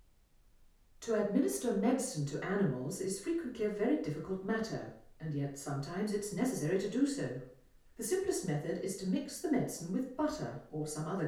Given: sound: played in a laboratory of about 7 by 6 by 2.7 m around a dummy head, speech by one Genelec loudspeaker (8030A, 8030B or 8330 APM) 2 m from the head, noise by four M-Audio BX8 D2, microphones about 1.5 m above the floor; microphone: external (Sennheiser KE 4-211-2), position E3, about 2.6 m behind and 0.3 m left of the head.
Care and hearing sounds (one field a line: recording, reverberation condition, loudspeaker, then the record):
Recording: female speech in English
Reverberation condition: medium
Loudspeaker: 60 degrees to the left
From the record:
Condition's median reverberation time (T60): about 510 ms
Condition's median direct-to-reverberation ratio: about -0.5 dB